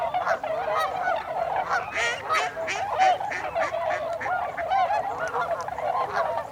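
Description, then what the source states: Tundra swans calling loudly together, many overlapping bugling and honking notes forming a rich, continuous flock chorus. Recorded 26 December 2020; several swans.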